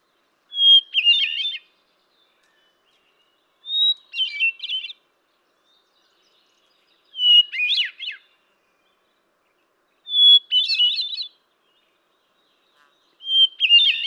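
Hermit thrush singing: each phrase opens with a pure held whistle, then a fluty rippling flourish; five phrases spaced about three seconds apart.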